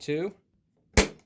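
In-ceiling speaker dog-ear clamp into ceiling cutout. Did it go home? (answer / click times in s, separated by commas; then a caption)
yes / 1.0 s. Someone talks briefly, then at 1.0 s a sharp click sounds as a screwdriver turns the dog-ear clamp of an IC-620T/IC-820T in-ceiling loudspeaker in its ceiling cutout, clamping it against the drywall. All three dog ears are clamped in, and the speaker is seated and secure.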